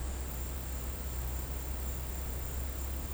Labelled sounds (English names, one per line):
none